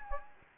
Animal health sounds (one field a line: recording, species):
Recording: mosquito wingbeat signal from an infrared sensor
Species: Anopheles gambiae